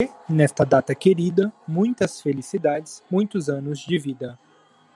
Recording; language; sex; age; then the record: short text; Brazilian Portuguese; male; 30 to 39 years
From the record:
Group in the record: control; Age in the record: 36 years